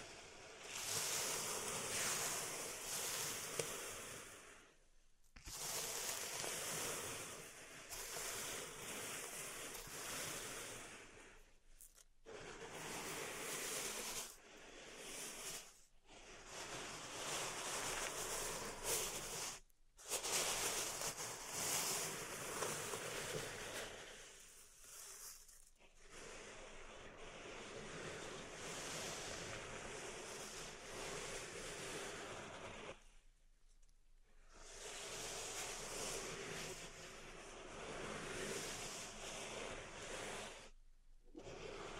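Pink salt in a zen garden is raked in long, dense hissing scrapes, broken by brief pauses near 5, 12, 20, 25 and 33 seconds.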